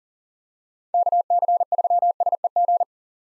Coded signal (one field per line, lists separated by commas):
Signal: Morse code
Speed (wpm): 37 wpm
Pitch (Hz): 700 Hz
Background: none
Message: KC3SEG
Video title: 2023 POTA Activator Call Signs - 40wpm